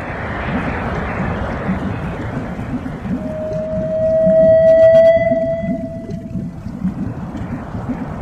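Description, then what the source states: Whale call: a long pure tone swelling and fading over about three seconds, with faint higher harmonics above and low hissing water noise beneath. Deep sea.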